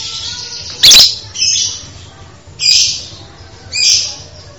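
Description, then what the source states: Songbird making a few short, harsh buzzy bursts, the first opening with a loud crack, over a low steady hum. Masteran training audio for songbirds.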